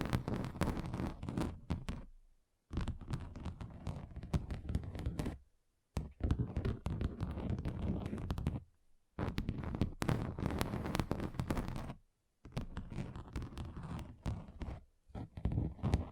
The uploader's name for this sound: Table Tapping Different Surfaces